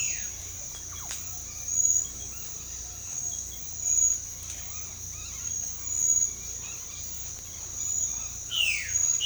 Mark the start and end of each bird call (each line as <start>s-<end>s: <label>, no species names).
0.89s-1.10s: bird call
2.31s-2.45s: bird call
4.65s-5.39s: bird call
6.62s-7.00s: bird call
7.39s-8.26s: bird call
8.51s-8.94s: bird call